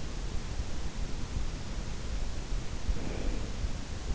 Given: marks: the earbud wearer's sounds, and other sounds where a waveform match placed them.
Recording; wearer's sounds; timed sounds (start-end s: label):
sounds in sleep by an in-ear microphone; breath
2.30-3.92 s: breath